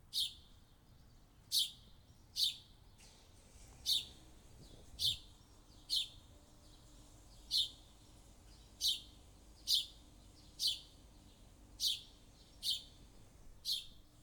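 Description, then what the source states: Bird chirping, single sharp high chirps repeated roughly every second over a quiet, steady background hiss. Morning.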